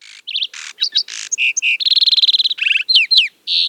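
Bird calls in a fast varied sequence: buzzy notes, a rapid rattling trill, then sharp rising and falling whistled chirps.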